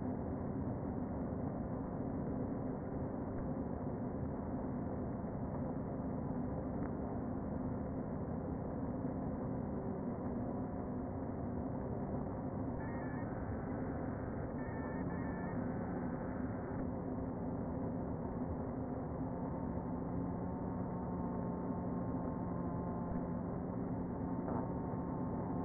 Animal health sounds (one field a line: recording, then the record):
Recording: honeybee colony, microphone inside the hive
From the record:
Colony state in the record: queen present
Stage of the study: before two queens were removed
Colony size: about 60,000 bees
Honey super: yes